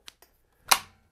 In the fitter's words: and you hear a nice click sound telling you that it's engaged